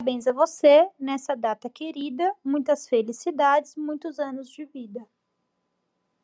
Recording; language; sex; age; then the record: short text; Brazilian Portuguese; female; 20 to 29 years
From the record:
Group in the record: control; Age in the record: 25 years